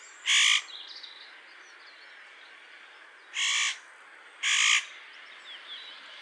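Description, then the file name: Spotted nutcracker calls: one harsh, grating screech, then two more after a gap of about three seconds. "ORZECHOWKA"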